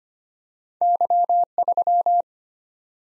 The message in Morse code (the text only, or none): Y3